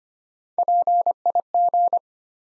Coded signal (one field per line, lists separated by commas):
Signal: Morse code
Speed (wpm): 25 wpm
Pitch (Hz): 700 Hz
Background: none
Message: PIG